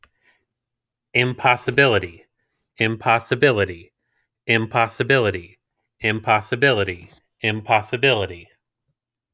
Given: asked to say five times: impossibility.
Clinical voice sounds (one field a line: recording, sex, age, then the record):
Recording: repeated word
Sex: male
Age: 30 to 39 years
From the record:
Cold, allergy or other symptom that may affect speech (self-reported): no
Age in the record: 31 years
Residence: New Jersey, United States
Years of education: 17